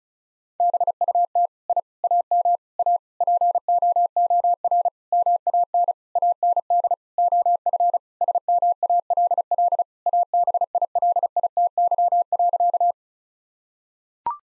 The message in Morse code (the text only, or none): BUT I AM A POOR MAN AND OF SMALL ABILITY.